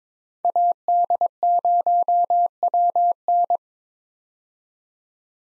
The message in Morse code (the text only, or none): AD0WN